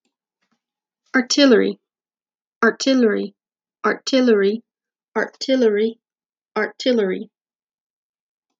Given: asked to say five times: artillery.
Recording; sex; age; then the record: repeated word; female; 30 to 39 years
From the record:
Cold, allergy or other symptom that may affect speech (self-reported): no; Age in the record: 37 years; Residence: Georgia, United States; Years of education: 9